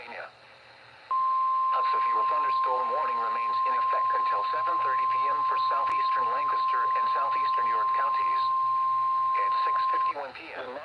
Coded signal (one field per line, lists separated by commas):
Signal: Emergency Alert System (SAME) tones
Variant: 1050 Hz attention tone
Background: speech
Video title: EAS Alerts From 6/26/25 (EAS #4865-4932)